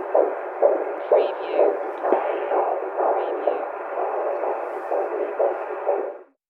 Pre Natal Heartbeat.